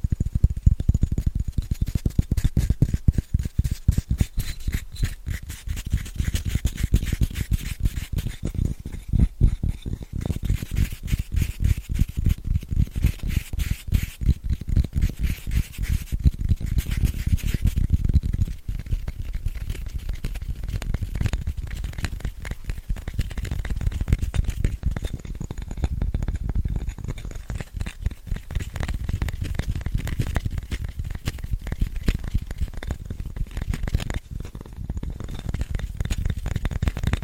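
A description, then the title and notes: Fast, scratchy tapping runs continuously for the whole stretch, a dense stream of quick dry clicks with a rough, crinkly edge. The taps stay heavy in the low end with bright scratchy tops, and the pace barely eases, with brief dips around 18 and 25 seconds. ASMR Fast & Scratchy Tapping (No Talking).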